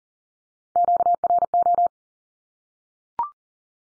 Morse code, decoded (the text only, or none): QRO